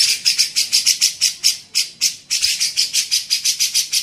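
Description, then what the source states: Grey-cheeked bulbul chattering continuously, harsh buzzy pulses repeated several times a second with a brief hitch midway. Used for training songbirds (masteran).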